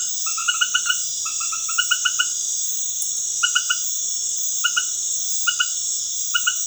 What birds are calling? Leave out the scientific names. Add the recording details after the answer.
none. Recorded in dense forest near Puerto Asís, Putumayo, Colombia, on 20 February 2024 at 20:00. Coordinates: 0.505, -76.324. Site G6467